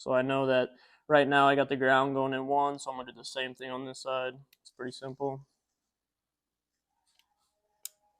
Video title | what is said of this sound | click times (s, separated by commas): Weekend Wisdom: “ How To Wire A Deutsch” | you'll hear it click know you got it in there all the way | 7.8 s